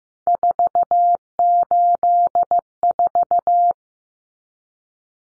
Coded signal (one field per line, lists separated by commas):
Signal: Morse code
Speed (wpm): 15 wpm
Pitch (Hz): 700 Hz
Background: none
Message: 484